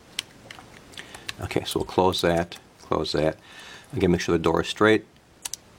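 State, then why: Seated. Someone talks while closing the plastic waterproof side door over the USB connector on a Kodak PlayFull Waterproof Video Camera, a compact handheld video camera. A couple of faint taps come early on, then a sharp double snap at about 5.5 s as the door latches shut. The waterproof door is closed and seated.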